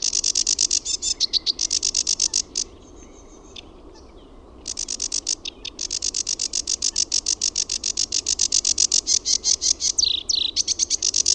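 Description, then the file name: Sedge warbler singing a long, rapid chattering song of harsh grating notes, with a pause of about two seconds early on. "RUOKOKERTTUNEN"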